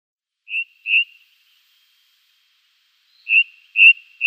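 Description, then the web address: Ring ouzel song: clear piping whistled notes, a pair, a pause of about two seconds, then another pair, all at the same pitch. "Schulze Peter Ring Ouzel song"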